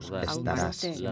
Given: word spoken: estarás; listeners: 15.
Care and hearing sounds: one Spanish word in noise, from a listening test; four-talker babble; 0.5 dB; 3 of 15; 8 of 15; 0.72 s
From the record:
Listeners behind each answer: 8, 3, 2, 1, 1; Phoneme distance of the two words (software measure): 14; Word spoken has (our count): 3 syllables, 7 phonemes, stress on syllable 3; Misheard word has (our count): 2 syllables, 5 phonemes, stress on syllable 1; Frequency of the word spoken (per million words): 3.75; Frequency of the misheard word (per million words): 452.75

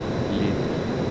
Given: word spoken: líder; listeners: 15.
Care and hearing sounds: one Spanish word in noise, from a listening test; speech-shaped noise; -4.8 dB; 0 of 15; 7 of 15; 0.71 s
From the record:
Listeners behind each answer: 7, 3, 1, 1, 1, 1, 1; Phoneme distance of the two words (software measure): 24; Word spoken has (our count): 2 syllables, 5 phonemes, stress on syllable 1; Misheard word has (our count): 2 syllables, 5 phonemes, stress on syllable 1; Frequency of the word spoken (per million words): 90.65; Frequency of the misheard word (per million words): 216.67

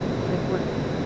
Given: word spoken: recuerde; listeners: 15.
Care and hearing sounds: one Spanish word in noise, from a listening test; speech-shaped noise; -6.0 dB; 0 of 15; 7 of 15; 0.66 s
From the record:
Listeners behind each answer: 7, 2, 2, 2, 1, 1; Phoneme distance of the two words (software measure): 10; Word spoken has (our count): 3 syllables, 8 phonemes, stress on syllable 2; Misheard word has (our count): 3 syllables, 8 phonemes, stress on syllable 2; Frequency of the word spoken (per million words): 9.47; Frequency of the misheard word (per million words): 100.82

